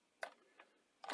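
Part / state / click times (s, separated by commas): cassette loading sled into a VCR tape mechanism / seated / 1.0 s, 1.1 s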